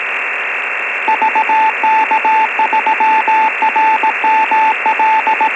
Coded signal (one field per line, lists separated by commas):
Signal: Morse code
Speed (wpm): 18 wpm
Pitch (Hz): 880 Hz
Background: radio noise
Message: VK3RML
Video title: MELBOURNE 'EASYPAL' NET: 2 JULY 2020.